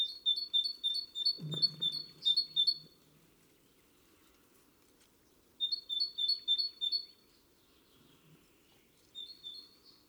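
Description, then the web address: Great tit calling in three bursts of rapid high paired notes, with a brief low sound and background hiss. "SETE data Parus major"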